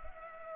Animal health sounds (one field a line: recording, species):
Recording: mosquito wingbeat signal from an infrared sensor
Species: Culex pipiens